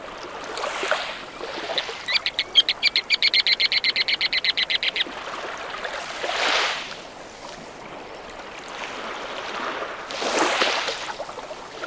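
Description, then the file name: Ruddy turnstone delivering a rapid rattling chatter of many short notes lasting about three seconds, with two rushing noise bursts afterward. "Ruddy Turnstone - Arenaria interpres"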